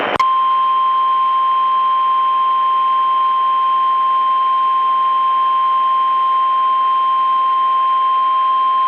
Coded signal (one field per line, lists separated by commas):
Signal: Emergency Alert System (SAME) tones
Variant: 1050 Hz attention tone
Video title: Virtual EAS Severe Thunderstorm Warning on WDFA